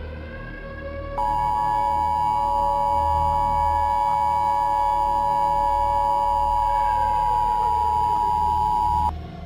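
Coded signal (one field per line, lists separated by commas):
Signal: Emergency Alert System (SAME) tones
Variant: 853 and 960 Hz attention tone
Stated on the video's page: Mock EAS tornado scenario for the Kansas City area, containing valid EAS tones.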